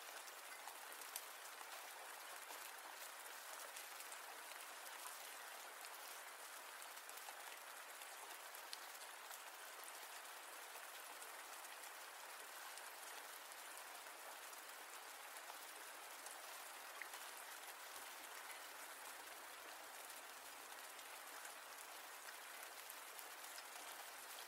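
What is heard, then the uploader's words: Rain falls steadily throughout, a dense, even hiss with countless fine droplets crackling together like soft applause. The sound is bright and lacks any low rumble, holding the same level from start to finish with only tiny scattered ticks standing out. RAIN SOUNDS.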